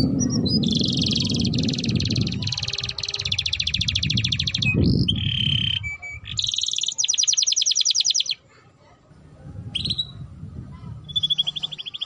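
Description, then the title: Domestic canary song of rolling trills and clear whistled notes, pausing briefly before resuming with short sweeps, over low rumble. Song used to warm up Belgian canaries and to tutor young canaries so they start singing quickly. "Canto Para Esquentar Canário Belga. Suara Pancingan Kenari Gacor || Masteran Kenari Paud Agar Cepat Bunyi"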